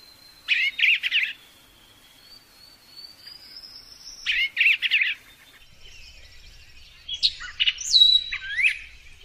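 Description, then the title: Lovebird chatter: two bursts of harsh rapid chirping separated by a thin rising whistle, ending with loud sliding squeaks over a faint low rumble. Used as a lure to attract lovebirds. "PIKAT BURUNG LOVEBIRD"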